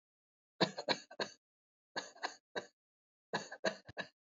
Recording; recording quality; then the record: shallow voluntary cough; excellent, no background noise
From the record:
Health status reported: COVID-19 positive, no symptoms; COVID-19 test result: positive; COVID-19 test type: RT-PCR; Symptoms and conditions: sore throat, fatigue, loss of smell and taste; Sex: male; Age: 27 years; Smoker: no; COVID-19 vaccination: both doses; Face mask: not worn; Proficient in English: yes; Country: India